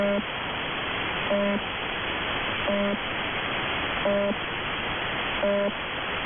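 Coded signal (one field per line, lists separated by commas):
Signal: channel marker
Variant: UVB-76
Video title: 4625 kHz, Russian 'Buzzer', UVB-76, has new sound. It sounds cheap.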